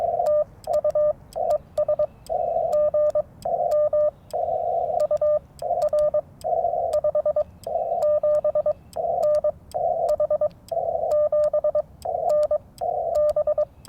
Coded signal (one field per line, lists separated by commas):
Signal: Morse code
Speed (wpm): 22 wpm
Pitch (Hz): 600 Hz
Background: radio noise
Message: TU ES GM UR 57N H 7N B